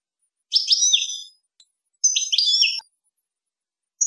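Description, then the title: European goldfinch song in two short phrases of bright, tinkling twitters with slurred notes, about a second and a half apart. "Chant Chardonneret"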